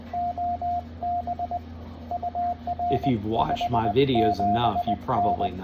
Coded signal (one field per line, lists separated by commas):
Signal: Morse code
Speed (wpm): 19 wpm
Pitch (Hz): 700 Hz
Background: speech, radio noise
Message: OB UR 57N